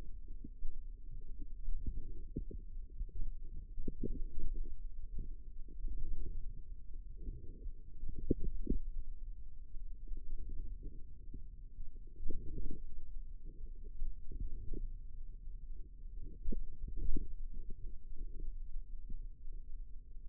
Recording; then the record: forearm muscle sounds (acoustic myography)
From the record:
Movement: hand opening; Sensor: system 2, bracelet of six BSWA MPA416 microphones around the upper forearm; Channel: 3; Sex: female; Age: 22 years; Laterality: right